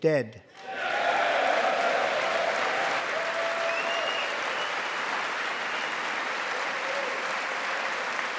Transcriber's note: applause